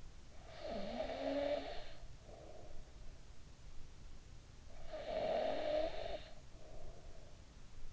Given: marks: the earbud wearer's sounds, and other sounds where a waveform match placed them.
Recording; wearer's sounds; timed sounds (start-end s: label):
sounds in sleep by an in-ear microphone; snoring breath
0.18-3.32 s: snoring breath
4.52-7.92 s: snoring breath